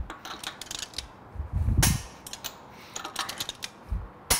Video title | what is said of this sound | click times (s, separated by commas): Car Maintenance Tips : How to Use a Torque Wrench | the click is heard that means the required torque has been achieved | 1.8 s, 4.3 s